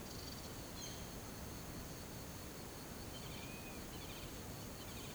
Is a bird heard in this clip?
yes